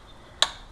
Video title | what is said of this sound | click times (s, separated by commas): Ninja 300 Oil-Change! | okay we're going to torque it till we hear the click | 0.4 s